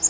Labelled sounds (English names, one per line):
Bay-breasted Warbler flight call